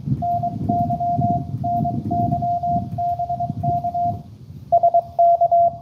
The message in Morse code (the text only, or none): NY NY BK SK